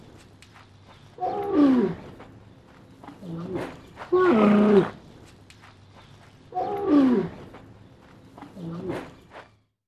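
Camel grunting in deep, rough, gurgling roars, three loud bursts separated by quieter pauses, with softer groans between them.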